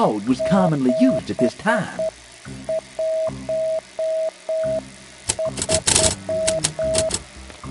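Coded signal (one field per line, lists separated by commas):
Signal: Morse code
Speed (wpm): 8 wpm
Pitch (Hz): 640 Hz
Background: speech, music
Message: 713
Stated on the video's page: Morse code heard in a PS4 VR game.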